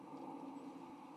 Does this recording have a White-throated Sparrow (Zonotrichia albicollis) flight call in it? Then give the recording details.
no. Another species' flight call is heard. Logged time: 23:21 on 21 November 2014